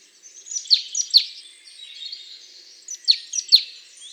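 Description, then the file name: Great tit calls: two groups of quick, high, downslurred notes, three or four in each, separated by a pause. "Parus major"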